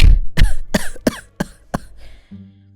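An elderly man, just finished speaking, coughs in a tired, ragged series of about six harsh bursts, each rasping and breathy, fading weaker toward the end before a low hum lingers.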